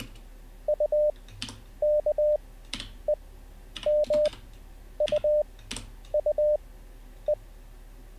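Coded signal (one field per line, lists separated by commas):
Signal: Morse code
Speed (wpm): 20 wpm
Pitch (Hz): 600 Hz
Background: none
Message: UKEMUUE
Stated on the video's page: Morse code learning session, livestreamed, day 1.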